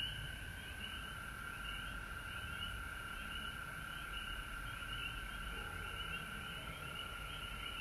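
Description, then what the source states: Frog chorus with a steady high drone-like trill and overlapping rising peeps. Recorded at home in Georgia on March 19, 2020.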